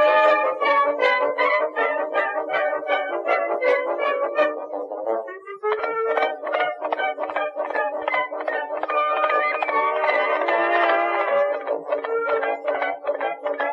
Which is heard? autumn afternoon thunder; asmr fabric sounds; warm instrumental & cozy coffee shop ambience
warm instrumental & cozy coffee shop ambience